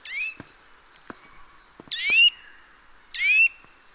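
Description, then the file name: Eurasian nuthatch calls, three loud downward-swept notes settling into a short steady tone, spaced one to two seconds apart, with faint clicks and soft low taps between them. "Sitta europaea"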